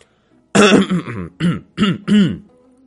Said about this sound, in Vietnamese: Miêu Nghị bỗng nhiên đằng hắng một tiếng nói.